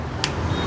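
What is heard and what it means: A removable battery pack is pressed down into its frame mount on a GERPSI DZ2027 folding electric bicycle (dual 48V 26Ah batteries, 500W motor, hydraulic brakes, 20-inch/4.0 tires). A single sharp click sounds at 0.2 s over low background noise as the battery seats and locks in place so it cannot be lost.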